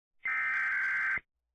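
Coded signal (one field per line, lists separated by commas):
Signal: Emergency Alert System (SAME) tones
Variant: header bursts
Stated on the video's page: Mock EAS scenario about a blizzard.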